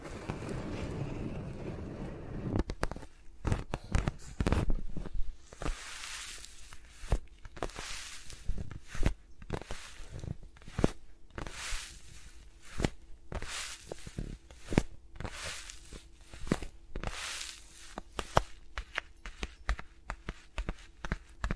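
Fingers rub and tap around the mics with no talking, sharp clicks and soft brushing swishes coming every second or so over a faint low hum.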